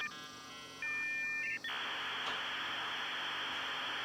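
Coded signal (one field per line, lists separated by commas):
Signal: dial-up modem handshake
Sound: steady paired tones, quick chirpy warble, then loud continuous broadband hiss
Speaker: anyway we will go ahead and hit connect and in a moment you'll hear those wonderfully classic 90s dial-up sounds i don't know if you'll be able to hear that because it's so quiet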